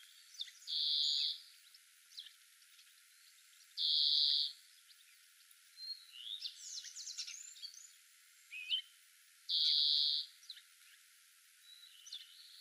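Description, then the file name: European greenfinch giving three nasal buzzy wheezes, with a brief burst of quick twittering notes between the second and third. "Chloris chloris"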